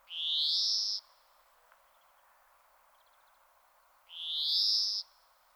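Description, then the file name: European greenfinch giving two drawn-out, buzzy, rising wheezes about four seconds apart, with quiet pauses between. "Chloris chloris"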